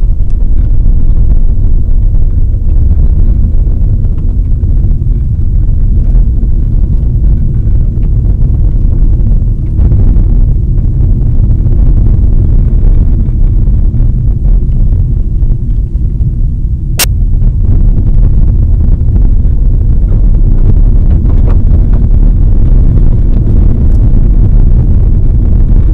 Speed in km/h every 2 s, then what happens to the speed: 35, 40, 48, 54, 59, 58, 54, 49, 44, 47, 53, 55, 58.
0-8 speeds up to 59. 8-16 slows to 44. 16-21 speeds up to 55.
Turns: none.